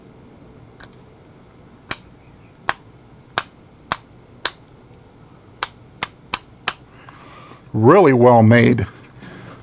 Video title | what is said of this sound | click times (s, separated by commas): ANEKIM Flashlight Holster | and that detent it snaps into place really well you can hear that snap | 2.7 s, 3.4 s, 3.9 s, 4.5 s, 6.0 s, 6.7 s